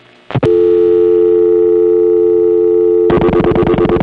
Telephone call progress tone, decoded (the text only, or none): dial tone